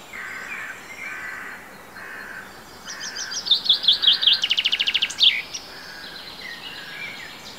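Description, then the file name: Common chaffinch gives a single song, a run of notes into a dry trill with a closing flourish, after soft chirping. "Fringilla coelebs"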